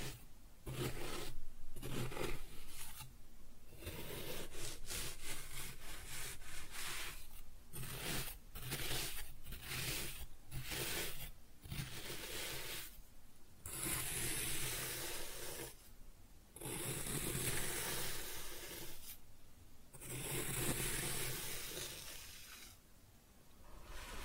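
Kinetic sand being cut and scooped, heard as dense, grainy rasping and scraping that fills most of the clip. The strokes come in bursts separated by brief silent gaps, roughly every second early on, then longer stretches around 13, 16 and 20 seconds.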